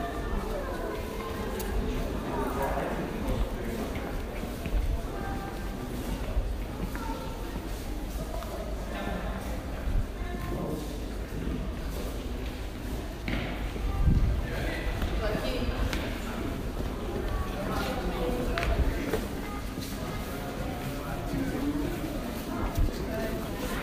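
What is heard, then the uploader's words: A busy New York City interior or street, with a steady wash of crowd chatter and overlapping voices throughout. Low rumble sits underneath, and sharp clacks and footsteps cut through now and then, with a louder knock near fourteen seconds. Noises of streets, subway and museums in New York City.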